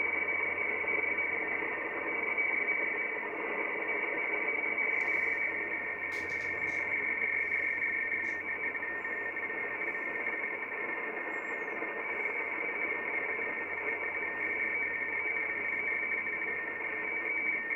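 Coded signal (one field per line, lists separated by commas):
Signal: RTTY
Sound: continuous two-tone warbling teletype chatter over steady shortwave hiss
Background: radio static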